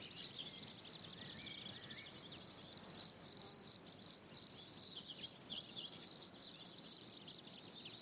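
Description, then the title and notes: Field cricket song of sharp, regularly repeated chirps in quick succession, pausing briefly now and then. Lone, fairly isolated individual singing rhythmically on plateau de Lesches en Diois, France, 27 June 2018, 10:00, already 23°C on a very hot day; recorded with Nagra Seven and MKH8040. "Observation sonore - Un grillon champêtre. 27 juin 2018, plateau de Lesches en Diois. grillons champêtres (Gryllus campestris)"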